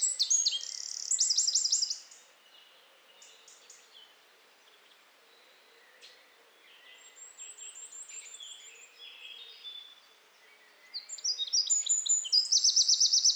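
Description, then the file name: Eurasian wren song: two loud bursts of high, rapid trilling warbles, one at the start and one at the end, separated by quieter scattered high bird notes. "Troglodytes troglodytes"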